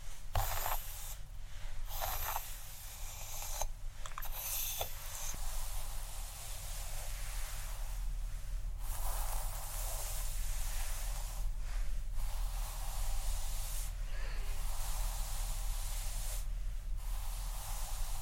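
Scalp massage with scratching and brushing through hair, a dense, steady hiss of rustling and scraping that swells and fades in slow strokes. Brief quieter gaps break it every few seconds, near 1, 4, 9, 12 and 16 seconds, over a constant low hum.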